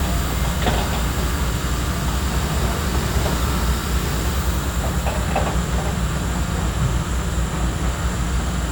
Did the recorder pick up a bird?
no